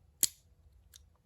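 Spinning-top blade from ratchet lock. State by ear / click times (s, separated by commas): released / 0.2 s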